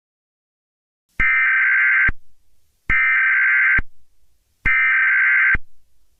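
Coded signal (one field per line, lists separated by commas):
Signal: Emergency Alert System (SAME) tones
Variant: header bursts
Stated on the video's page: Fictional EAS scenario, not a real alert.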